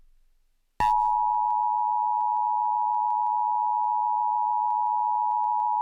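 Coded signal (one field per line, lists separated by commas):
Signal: Emergency Alert System (SAME) tones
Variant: 853 and 960 Hz attention tone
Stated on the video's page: Real Tornado Warning broadcast on Comcast cable, using the Weatheradio voice instead of the usual Comcast voice, with unusual tones beforehand.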